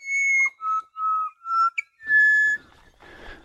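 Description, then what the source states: Pied butcherbird delivering a string of pure, flute-like whistles at varying pitches, ending on a held note before a short scuffling noise. Dawn song in eastern Australia; black and white, about the size of a jay; fairly common.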